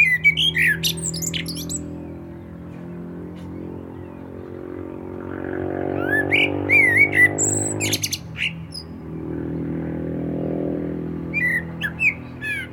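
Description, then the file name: Common blackbird singing mellow whistled phrases with high squeaky twitters, a few song bursts over loud low droning background noise. "Turdus merula"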